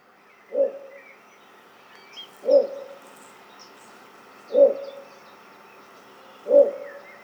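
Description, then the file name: Little bittern giving deep, short barking croaks, four in all, spaced about two seconds apart, with faint higher bird notes in the background. "torpegem-hangja -torpegem-Ixobrychus-minutus"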